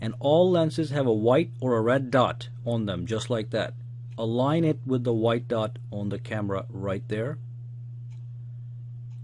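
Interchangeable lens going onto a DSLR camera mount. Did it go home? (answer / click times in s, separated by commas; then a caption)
no / none. An interchangeable lens going onto a DSLR camera mount is lined up by its white or red dot with the white dot on the camera body before it is inserted and twisted clockwise. Someone talks over a steady low hum from about 0 to 7.4 seconds, then only the hum remains. The lens has not yet been twisted in and nothing has clicked or seated.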